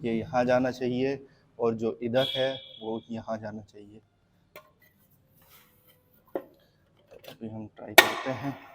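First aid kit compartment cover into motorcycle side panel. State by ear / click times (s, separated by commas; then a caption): not seated / none. A first aid kit compartment cover for a Honda Hness motorcycle side panel is being refitted by hand, with its tabs lined up, while someone talks. There are small handling knocks around 4.6 s and a sharper tap near 6.4 s. Nothing has seated or clicked yet.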